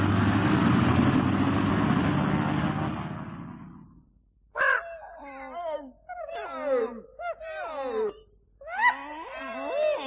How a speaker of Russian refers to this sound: Скорее, скорее, самолет отлетает. Слышишь, уже завели моторы.